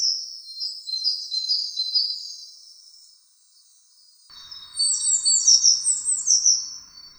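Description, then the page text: Tit song: high, thin twittering phrases of quick chirps, a short pause around four seconds, then another bright burst of rapid notes. "Звуки синицы"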